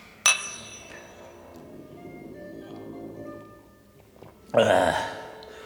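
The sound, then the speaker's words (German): A bright, sharp clink of glasses of Campari Soda and Bloody Mary touching in a toast rings out and fades over about a second, followed a few seconds later by a second, duller burst of clattering glass. “Trinken wir darauf, dass die Geschichte bald ein Ende hat. Wenn es geht, ein gutes. Prost.”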